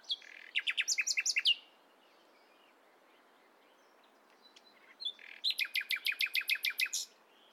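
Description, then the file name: Common nightingale singing two fast phrases of rapidly repeated sharp notes, separated by a few seconds of near-silence. "Luscinia megarhynchos"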